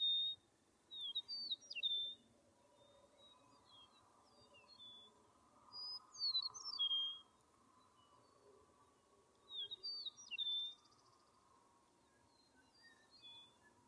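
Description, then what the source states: Bird song: short bursts of high, thin whistled and twittering phrases, repeated several times with pauses between, over a soft hum. In a meadow.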